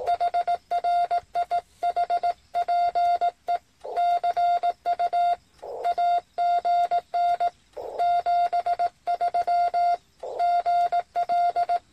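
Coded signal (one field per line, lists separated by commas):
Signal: Morse code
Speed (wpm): 18 wpm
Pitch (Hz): 700 Hz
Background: none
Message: HR I HPE CU AGN 73 GL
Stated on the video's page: QRP operation with FT-817, T1-ATU tuner and homemade Zepp antenna.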